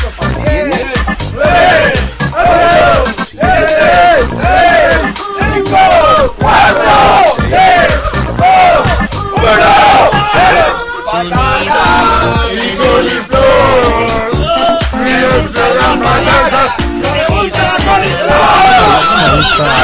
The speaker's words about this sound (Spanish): Luego dicen que gritamos. Bueno, pero estamos fuera de micro. Esta es una técnica que nos enseñó Funspot. Gritar fuera de micro.